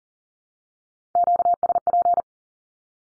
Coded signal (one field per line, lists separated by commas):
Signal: Morse code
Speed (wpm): 40 wpm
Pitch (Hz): 700 Hz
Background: none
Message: QSP